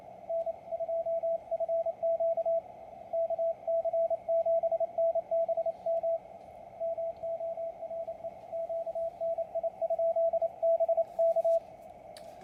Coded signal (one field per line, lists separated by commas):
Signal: Morse code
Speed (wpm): 28 wpm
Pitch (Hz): 660 Hz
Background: radio noise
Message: N2FQ KC7NBM MORE QNI?BK